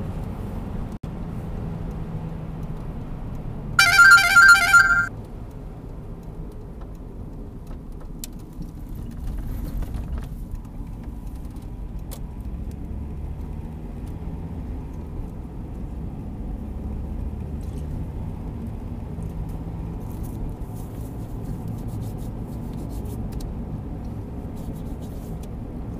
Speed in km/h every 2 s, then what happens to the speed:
87, 74, 59, 41, 30, 33, 44, 49, 56, 61, 63, 65, 66.
0-8 brakes to 30. 8-21 speeds up to 65.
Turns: 6-9.